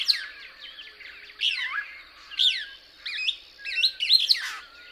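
Couch's Kingbird song, a series of high, wavering, slurred twitters grouped into short phrases about a second apart.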